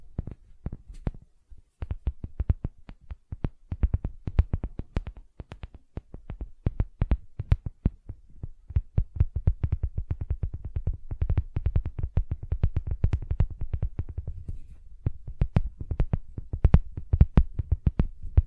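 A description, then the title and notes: Gentle silicone sounds come as rapid, soft tapping clicks, dense and fairly regular, each with a dull low thump, continuing steadily throughout. ASMR Gentle Silicon Sounds for Sleep (No Talking).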